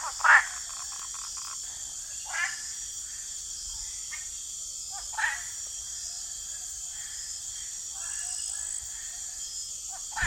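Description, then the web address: Rocket treefrog quacking calls: a few short, harsh bursts at irregular intervals over a steady high-pitched insect drone. Nocturnal chorus of quacking river frogs, at night by a river. "nocturnal frog chorus quacking river frogs hypsiboas lancifo"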